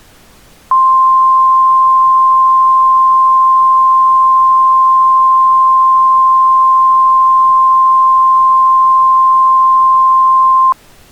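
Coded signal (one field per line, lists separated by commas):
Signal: Emergency Alert System (SAME) tones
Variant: 1050 Hz attention tone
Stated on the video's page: Fictional, lighthearted EAS scenario.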